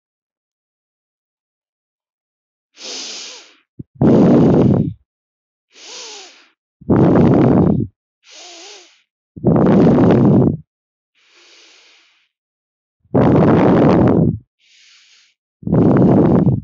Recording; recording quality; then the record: deep breathing; excellent, no background noise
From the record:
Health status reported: respiratory illness, not identified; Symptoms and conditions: asthma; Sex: female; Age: 27 years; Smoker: not ticked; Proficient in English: yes